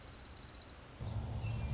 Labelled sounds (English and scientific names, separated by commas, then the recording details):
Orange-crowned Warbler (Leiothlypis celata)
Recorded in Sonoma County, California